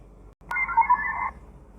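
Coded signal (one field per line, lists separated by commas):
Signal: HF data modem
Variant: VARA HF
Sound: a short sharp click, then a brief warbling multi-tone data burst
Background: radio static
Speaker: definitely working I think we're gonna have another go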